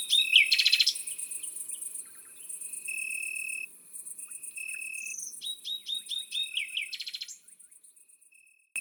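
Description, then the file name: Great green bush-cricket song: a continuous high, buzzy stridulation through most, overlaid by varied whistled and trilled bird phrases. Drôme, France. "Grande-sauterelle-verte-Concerts-Naturels-de-la-Drôme-Studio-les-Trois-Becs"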